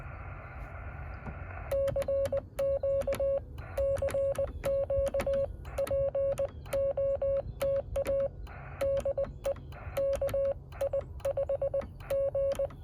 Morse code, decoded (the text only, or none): CQ CQ POTA DE KI5G